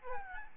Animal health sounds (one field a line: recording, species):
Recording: mosquito wingbeat signal from an infrared sensor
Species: Aedes albopictus